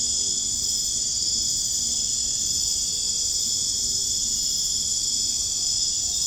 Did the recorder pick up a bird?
no